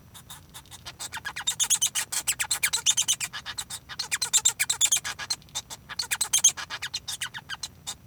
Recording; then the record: song of a male Bengalese finch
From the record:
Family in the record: son of father 1